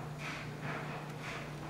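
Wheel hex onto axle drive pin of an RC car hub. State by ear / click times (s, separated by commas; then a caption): not seated / none. On the front hub of a Tekno SCT 410 RC truck fitted with Boca ceramic hub bearings, the wheel hex, which has a slot on one side, is handled as it is pushed onto the axle so the slot fits over the drive pin. A steady low hum runs throughout, with soft breathy, rustling bursts around 0.2–0.4 s, 0.6–0.8 s and 1.2–1.4 s. Nothing has seated or snapped over the pin yet.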